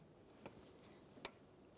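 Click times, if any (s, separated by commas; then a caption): 1.2 s. The upstream oxygen sensor's electrical connector on a 2003-2007 Honda Accord is lined up and pressed into its mating engine harness plug in the engine compartment on the driver's side. A faint tick sounds at 0.5 s, then a sharp, louder click at 1.3 s. The connector is seated and secured.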